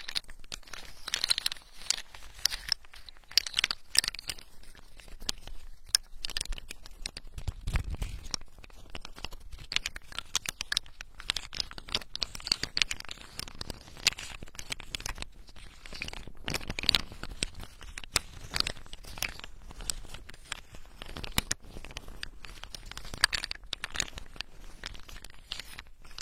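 Macadamia nuts make a dense run of crisp crunching and crackling that goes on without pause, full of sharp, bright clicks. A low thump lands near the eight-second mark, and the rough, uneven crackle holds steady the whole way through.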